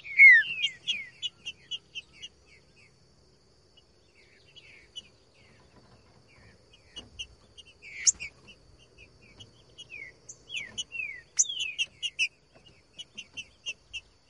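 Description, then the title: Green-winged Saltator gives bursts of clear, falling whistles, pauses several seconds with soft rustling, then resumes with another lively phrase. Singing in the bush; recording meant to stir a trinca-ferro into song; labelled song type 'voz 10'. "Canto De Trinca Ferro Voz 10. TRINCA FERRO CANTANDO NO MATO. ESQUENTAR TRINCA FERRO"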